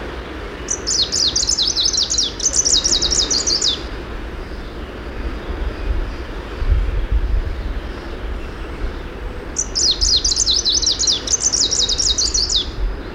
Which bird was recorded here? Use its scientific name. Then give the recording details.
Phylloscopus trochiloides. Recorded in the wild. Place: Göhren, Insel Rügen, Mecklenburg-Vorpommern, DE. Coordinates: 54.342, 13.741. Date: 1978-06-07 07:15. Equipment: Nagra III BH, Sennheiser MD 21, parabola. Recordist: Schubert, Michael